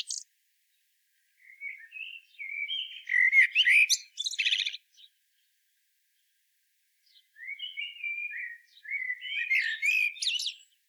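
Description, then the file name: Common blackbird singing two phrases separated by a long pause, each starting with low mellow whistles and ending in thin, high scratchy twittering. "Turdus merula"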